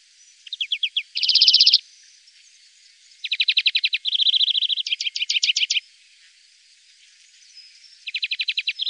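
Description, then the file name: European greenfinch song alternating fast ringing trills with nasal buzzy notes, in a varied, rambling sequence. "Gronfink"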